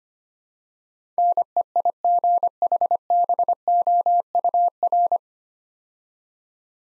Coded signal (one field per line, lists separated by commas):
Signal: Morse code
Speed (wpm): 25 wpm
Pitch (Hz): 700 Hz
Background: none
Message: NEIGHBOUR